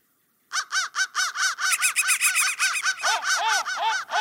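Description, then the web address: Crow calls begin abruptly after half a second, a fast run of hoarse arched notes, growing denser midway. "soundfactory crow"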